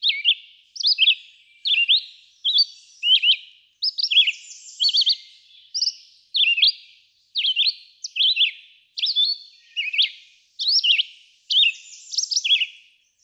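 Red-eyed vireo song, many short varied whistled phrases delivered one after another with short gaps, rising and falling, continuing through the whole stretch.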